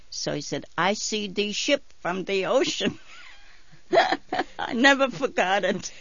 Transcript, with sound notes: So he said, "I see the ship on the ocean." ( she laughs ) I never forgot it.